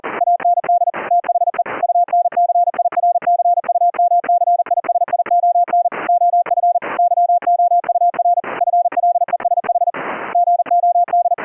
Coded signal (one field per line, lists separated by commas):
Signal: Morse code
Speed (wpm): 40 wpm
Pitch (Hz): 700 Hz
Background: none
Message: AND THE UNCIRCUMCISION OF YOUR FLESH GOD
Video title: Keying CW afcw mode on a K3S - using a high pitched PTT activation tone & delayed CW tone